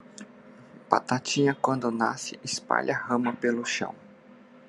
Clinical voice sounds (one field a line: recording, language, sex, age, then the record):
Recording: short text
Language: Brazilian Portuguese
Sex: male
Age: 50 to 59 years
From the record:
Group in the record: control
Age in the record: 52 years